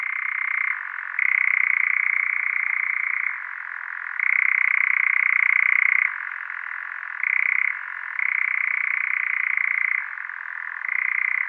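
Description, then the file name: European nightjar churr, a continuous purring trill that switches back and forth between a lower and a higher pitch every half second to two seconds. "Eurasian Nightjar"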